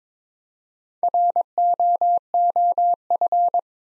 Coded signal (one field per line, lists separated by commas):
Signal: Morse code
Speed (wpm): 22 wpm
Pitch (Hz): 700 Hz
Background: none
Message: ROOF